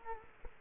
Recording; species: mosquito wingbeat signal from an infrared sensor; Culex quinquefasciatus